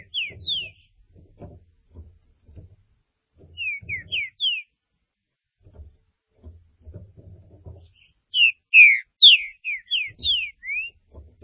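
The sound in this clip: Green-winged saltator giving short phrases of a few slurred, whistled notes, then a fuller burst of rapid rich whistles near the end; soft low thumping throughout.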